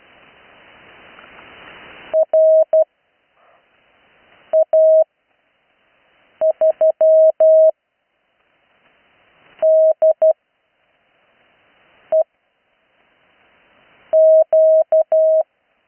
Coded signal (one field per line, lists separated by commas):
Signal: Morse code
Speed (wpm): 12 wpm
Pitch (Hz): 640 Hz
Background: none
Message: RA3DEQ